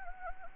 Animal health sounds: mosquito wingbeat signal from an infrared sensor; Anopheles gambiae

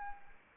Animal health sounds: mosquito wingbeat signal from an infrared sensor; Anopheles arabiensis

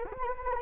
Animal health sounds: mosquito wingbeat signal from an infrared sensor; Anopheles arabiensis

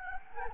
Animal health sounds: mosquito wingbeat signal from an infrared sensor; Anopheles gambiae

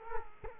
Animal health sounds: mosquito wingbeat signal from an infrared sensor; Culex quinquefasciatus

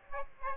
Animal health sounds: mosquito wingbeat signal from an infrared sensor; Aedes aegypti

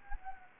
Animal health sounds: mosquito wingbeat signal from an infrared sensor; Anopheles gambiae

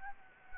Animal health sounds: mosquito wingbeat signal from an infrared sensor; Anopheles gambiae

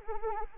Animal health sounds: mosquito wingbeat signal from an infrared sensor; Anopheles arabiensis

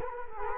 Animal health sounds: mosquito wingbeat signal from an infrared sensor; Culex quinquefasciatus

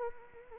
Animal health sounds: mosquito wingbeat signal from an infrared sensor; Anopheles arabiensis

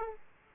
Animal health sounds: mosquito wingbeat signal from an infrared sensor; Aedes aegypti

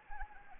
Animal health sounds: mosquito wingbeat signal from an infrared sensor; Anopheles arabiensis

